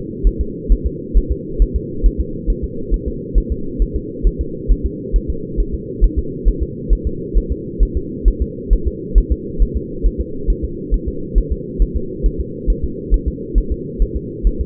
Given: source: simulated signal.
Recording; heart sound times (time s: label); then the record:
fetal heart sounds
0.27 s: S1
0.41 s: S2
0.72 s: S1
0.86 s: S2
1.17 s: S1
1.32 s: S2
1.62 s: S1
1.76 s: S2
2.06 s: S1
2.20 s: S2
2.50 s: S1
2.64 s: S2
2.94 s: S1
3.08 s: S2
3.38 s: S1
3.52 s: S2
3.82 s: S1
3.96 s: S2
4.27 s: S1
4.41 s: S2
4.71 s: S1
4.86 s: S2
5.16 s: S1
5.30 s: S2
5.60 s: S1
5.74 s: S2
6.04 s: S1
6.19 s: S2
6.48 s: S1
6.63 s: S2
6.93 s: S1
7.07 s: S2
7.38 s: S1
7.52 s: S2
7.83 s: S1
7.97 s: S2
8.28 s: S1
8.42 s: S2
8.73 s: S1
8.87 s: S2
9.18 s: S1
9.32 s: S2
9.62 s: S1
9.77 s: S2
10.06 s: S1
10.21 s: S2
10.50 s: S1
10.64 s: S2
10.94 s: S1
11.08 s: S2
11.38 s: S1
11.52 s: S2
11.82 s: S1
11.96 s: S2
12.26 s: S1
12.40 s: S2
12.70 s: S1
12.84 s: S2
13.14 s: S1
13.28 s: S2
13.58 s: S1
13.72 s: S2
14.02 s: S1
14.17 s: S2
14.47 s: S1
14.61 s: S2
From the record:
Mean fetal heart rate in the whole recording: 135 bpm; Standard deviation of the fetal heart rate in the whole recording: 3 bpm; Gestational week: 36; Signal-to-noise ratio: -4.3 dB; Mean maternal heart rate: 72 bpm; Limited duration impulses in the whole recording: absent